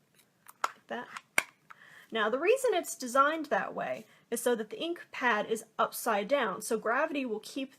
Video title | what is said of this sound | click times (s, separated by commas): Card Making Basics | you slide it and you'll hear it click again just like that that | 0.6 s